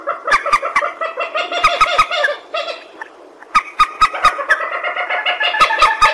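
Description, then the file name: Purple swamphen giving harsh, nasal cackling, with a short lull midway and sharp clicks marking the phrases. "tieng trich re keu"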